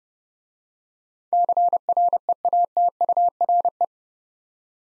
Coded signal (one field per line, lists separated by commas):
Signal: Morse code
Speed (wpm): 30 wpm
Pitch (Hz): 700 Hz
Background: none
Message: CREATURE